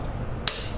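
A click-type torque wrench set to 20 ft-lb tightens a spark plug into the cylinder head of a 2.4L engine (Chrysler, RAM and Fiat Toro). Over a low steady background, a single short, sharp click sounds at 0.5 s. The wrench has reached its set torque.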